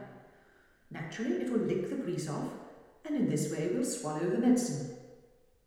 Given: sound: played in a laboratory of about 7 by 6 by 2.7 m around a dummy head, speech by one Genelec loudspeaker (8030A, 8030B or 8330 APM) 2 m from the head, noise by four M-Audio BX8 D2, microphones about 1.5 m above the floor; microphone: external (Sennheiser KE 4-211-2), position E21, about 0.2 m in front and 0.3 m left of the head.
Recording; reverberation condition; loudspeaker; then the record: female speech in English; high; 90 degrees to the left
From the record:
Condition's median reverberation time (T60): about 1300 ms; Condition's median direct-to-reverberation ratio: about -4.0 dB